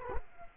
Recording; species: mosquito wingbeat signal from an infrared sensor; Culex quinquefasciatus